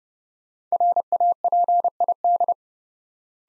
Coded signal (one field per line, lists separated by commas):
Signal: Morse code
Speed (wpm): 30 wpm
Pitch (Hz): 700 Hz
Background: none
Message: RAPID